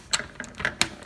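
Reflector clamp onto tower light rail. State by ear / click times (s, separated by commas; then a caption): seated / 0.8 s. The clamp that holds a light reflector is snapped onto the light rail of a tower garden. A few lighter plastic taps and ticks come first, then a sharp, bright snap at 0.8 s as the clamp seats firmly on the rail.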